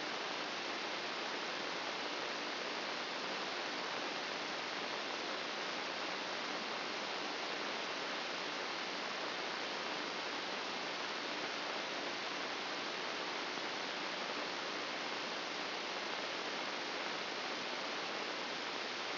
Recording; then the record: brain microelectrode recording played as sound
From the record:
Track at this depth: inside the subthalamic nucleus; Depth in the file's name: 0.229 mm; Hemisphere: left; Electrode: 2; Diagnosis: Parkinson's disease